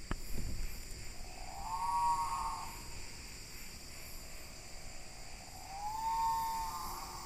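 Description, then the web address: Great pitta call: two hollow, slurred low whistles, each about a second long, about four seconds apart, over a steady high insect drone. Recorded in Indonesia. "ULM-DS-Lab indonesian-bird-sounds. Pitta maxima"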